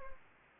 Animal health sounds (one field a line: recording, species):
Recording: mosquito wingbeat signal from an infrared sensor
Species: Anopheles gambiae